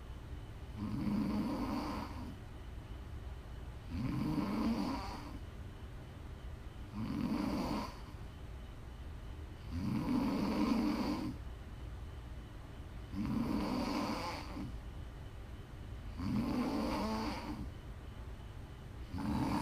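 An adult snoring while asleep, ASMR snoring: steady low rumbling snores about every three seconds, roughly 20 a minute, with quiet pauses between breaths.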